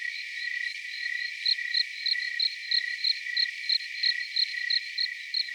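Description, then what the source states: Cricket giving quick high chirps near three each second, some louder than others, with a steady background trill of insects. Cricket recorded outside.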